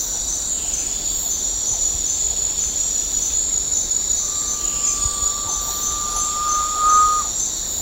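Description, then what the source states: Garnet pitta giving one long, pure whistle, held for about three seconds and rising slightly toward the end, over a steady, high-pitched buzzing insect chorus. Recorded at Danum on 10 August 2009.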